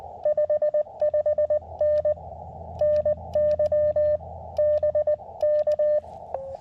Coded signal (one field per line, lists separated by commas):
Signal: Morse code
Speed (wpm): 19 wpm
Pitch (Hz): 600 Hz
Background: none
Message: 55N NY BK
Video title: CW SOTA at W2/GC-026 Utsayantha Mountain